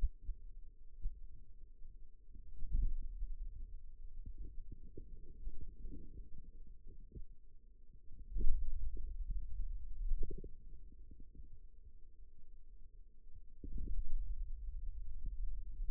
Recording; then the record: forearm muscle sounds (acoustic myography)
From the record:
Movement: ulnar deviation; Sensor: system 2, bracelet of six BSWA MPA416 microphones around the upper forearm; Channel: 3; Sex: male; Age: 22 years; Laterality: right